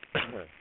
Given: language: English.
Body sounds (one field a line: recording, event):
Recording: throat vibration sensor signal played as sound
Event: cough